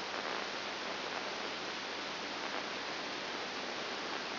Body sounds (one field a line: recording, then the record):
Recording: brain microelectrode recording played as sound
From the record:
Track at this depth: inside the subthalamic nucleus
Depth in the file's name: 5.701 mm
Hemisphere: left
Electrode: 2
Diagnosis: Parkinson's disease